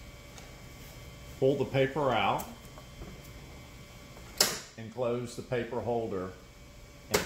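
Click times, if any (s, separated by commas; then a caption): 7.1 s. After a new paper spool is loaded and the paper pulled out, the plastic paper holder arm of a Casio cash register printer is closed over the receipt spool and pressed down while someone talks. A sharp sound is heard at 4.4 s, and the holder snaps shut with a sharp click at 7.2 s, seated.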